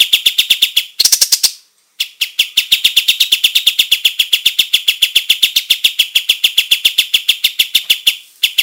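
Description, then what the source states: Olive-winged bulbul song: nearly continuous rapid series of bright, evenly spaced chip notes, with one short early break after a high quick flurry. Singing gacor, energetically and in full voice.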